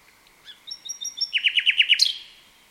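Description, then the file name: Common nightingale song, soft high notes leading into a loud, rapid series of repeated downslurred whistles, closing with a sharp high flourish. "Luscinia megarhynchos"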